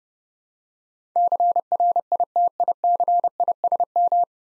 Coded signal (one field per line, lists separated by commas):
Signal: Morse code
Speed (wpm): 30 wpm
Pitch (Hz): 700 Hz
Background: none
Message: CRITICISM